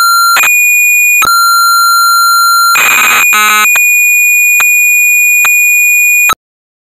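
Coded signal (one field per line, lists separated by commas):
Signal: computer data on cassette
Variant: Amstrad CPC 464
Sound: steady high pilot tone, a harsh noisy data burst, a buzzing band, then sharp clicks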